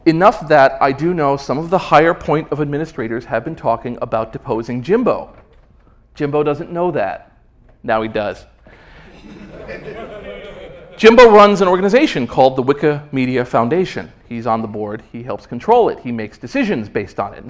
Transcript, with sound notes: Enough that I do know that some of the higher point of administrators have been talking about deposing Jimbo. Jimbo doesn’t know that. Now he does. [laughter] Jimbo runs an organisation called the Wikimedia Foundation. He’s on the board, he helps control it, he makes decisions based on it.